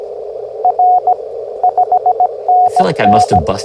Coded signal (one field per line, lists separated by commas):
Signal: Morse code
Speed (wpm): 16 wpm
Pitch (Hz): 730 Hz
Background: speech, radio noise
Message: R 5NN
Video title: Let’s Play: Morse Runner!